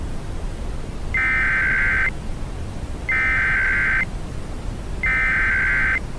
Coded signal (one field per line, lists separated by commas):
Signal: Emergency Alert System (SAME) tones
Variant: header bursts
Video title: Trapped - an EAS Mini Mock (Re-Creation)